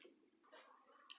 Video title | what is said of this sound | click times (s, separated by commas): (Versão Canhoto) Elfo Amigurumi Tutorial - Passo a Passo (Parte 1) | place in this position I will press until it clicks and | 0.0 s, 1.1 s